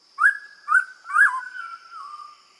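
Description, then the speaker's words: Hooded pitohui calls, three clear whistled notes each sliding up then leveling, the last drawn out and dropping, over a steady faint high tone. New Guinea bird that eats a toxic beetle and stores the toxin in its skin and feathers, making it poisonous. "hooded pitahui is a bird that lives in New Guinea and eats a toxic beetle."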